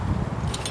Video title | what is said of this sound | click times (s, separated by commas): Snake Catcher Sticks, Tongs and Hooks - information | Push the button down, it snaps in place. | 0.5 s